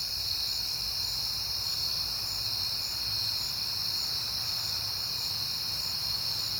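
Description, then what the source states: Dense cricket chorus, high and unbroken, over a quiet low hum. Crickets on a peaceful night in September.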